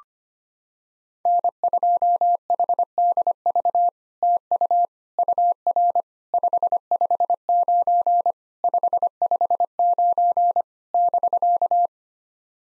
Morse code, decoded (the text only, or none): N2HDV TU UR 559 559 <BK>